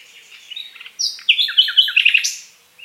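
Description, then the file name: Common nightingale song fragment: soft warbling notes followed by a quick sequence of loud sliding, buzzy whistles. "Luscinia megarhynchos"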